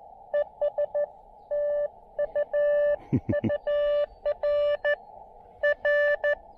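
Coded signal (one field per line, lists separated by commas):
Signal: Morse code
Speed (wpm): 17 wpm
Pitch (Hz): 590 Hz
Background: none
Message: ES TU UR R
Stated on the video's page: QRP CW park activation in Baie-Comeau, Québec, on 20m and 17m.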